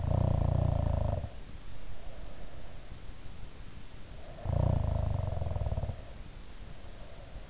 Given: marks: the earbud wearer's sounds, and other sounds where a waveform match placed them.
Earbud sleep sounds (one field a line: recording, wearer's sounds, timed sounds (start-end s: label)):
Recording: sounds in sleep by an in-ear microphone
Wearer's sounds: snoring breath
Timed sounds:
0.02-2.94 s: snoring breath
4.31-7.50 s: snoring breath